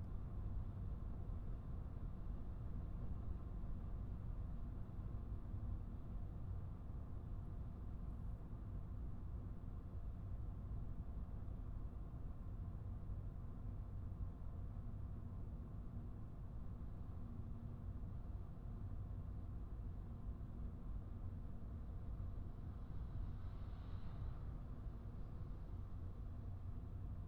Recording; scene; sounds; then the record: everyday scene through a hearing-aid microphone; in a vehicle; engine, highway driving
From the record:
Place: Skoda Fabia, gasoline engine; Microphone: behind the ear, right, front